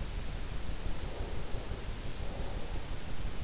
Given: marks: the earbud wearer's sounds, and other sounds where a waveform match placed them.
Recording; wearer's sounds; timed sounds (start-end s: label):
sounds in sleep by an in-ear microphone; breath
0.28-3.36 s: breath